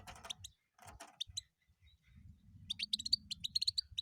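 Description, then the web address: European goldfinch twittering, a few chirps at first, then a quick run of bright tinkling notes at the end over a low rumbling background. "penie schegla"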